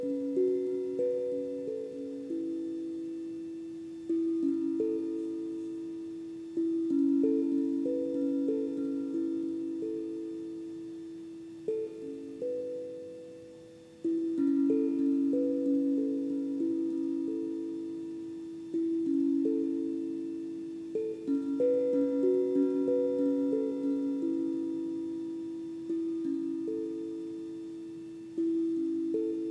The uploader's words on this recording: The journey is a soundscape of crystal & tibetan bowls.